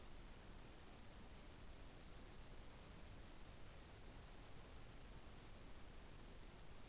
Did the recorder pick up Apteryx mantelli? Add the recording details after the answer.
no. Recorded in New Zealand on 6 December 2014. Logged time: 23:43. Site BV21